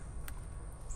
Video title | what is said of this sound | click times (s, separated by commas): 1996-2006 TJ or LJ Jeep Fuel Rail Heat Shield Installation. Realtime Mechanic Work | it'll snap into place then you push down that little red clip that we disconnected | 0.3 s